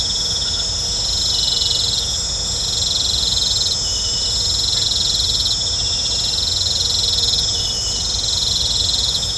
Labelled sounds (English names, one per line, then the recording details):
none
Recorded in pastures near Puerto Asís, Putumayo, Colombia, on 20 December 2024 at 19:30
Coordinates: 0.502, -76.324
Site G077